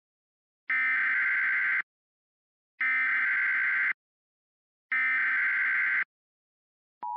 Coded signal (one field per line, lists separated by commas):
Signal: Emergency Alert System (SAME) tones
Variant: header bursts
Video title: EAS Scenario - Higglytown Heroes